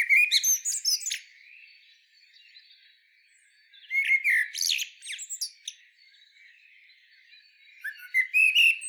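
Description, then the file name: Common blackbird giving three bursts of mixed whistled notes and high squeaky twitters, each lasting one to two seconds, separated by quieter gaps of a few seconds. "Turdus merula"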